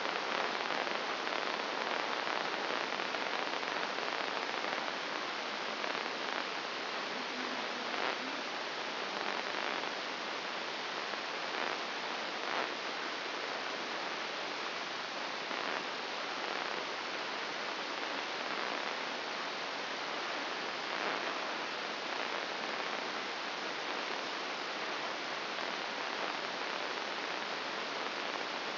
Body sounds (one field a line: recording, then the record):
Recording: brain microelectrode recording played as sound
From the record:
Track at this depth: inside the subthalamic nucleus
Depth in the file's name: 3.702 mm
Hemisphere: left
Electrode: 2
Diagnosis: Parkinson's disease